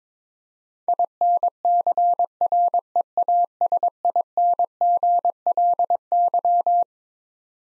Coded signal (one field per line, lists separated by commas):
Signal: Morse code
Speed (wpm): 22 wpm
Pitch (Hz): 700 Hz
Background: none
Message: INCREASINGLY